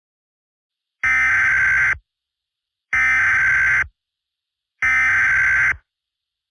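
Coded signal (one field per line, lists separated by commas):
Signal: Emergency Alert System (SAME) tones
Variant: header bursts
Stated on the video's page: Fictional EAS scenario, not a real alert.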